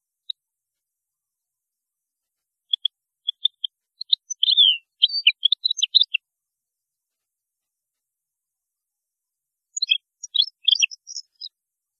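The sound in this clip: European goldfinch song: scattered single chips build into a rapid tinkling, twittering phrase, then a second burst of high jingling notes near the end.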